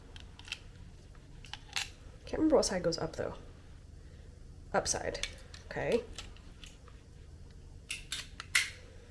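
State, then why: Seated. A die plate is turned right side up and pushed into the holder of a handheld book embosser while someone talks. Small metallic clicks and handling sounds lead up to a sharp click at 8.6 s as the plate seats in place.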